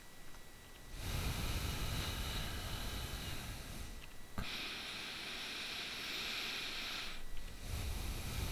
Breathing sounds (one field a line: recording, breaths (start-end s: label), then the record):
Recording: nose breathing near a microphone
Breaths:
0.69-4.04 s: exhalation
4.04-7.40 s: inhalation
7.40-8.52 s: exhalation
From the record:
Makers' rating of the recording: bad